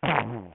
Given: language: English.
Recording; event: throat vibration sensor signal played as sound; throat clearing